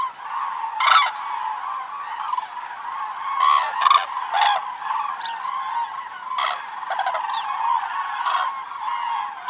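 Common crane flock calling, a few loud trumpeting notes standing out over steady background calling.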